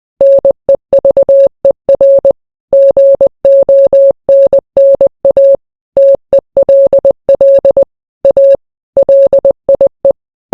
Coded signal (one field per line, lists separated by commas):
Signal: Morse code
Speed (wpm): 20 wpm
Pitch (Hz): 550 Hz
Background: none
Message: NEVER GONNA TELL A LIE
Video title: Translate the Morse code